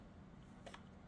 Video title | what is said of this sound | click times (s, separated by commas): DEERC 9201E 1:10 Large Remote Control Truck with Lights, Fast Short Course RC Car, 48 km/h 4x4 | then that locks in place | 0.7 s